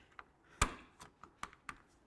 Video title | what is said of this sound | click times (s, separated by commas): Integrity Sliding French Door Stationary Panel Replacement & Adjustment, OXXO | This one just snaps into place. | 0.6 s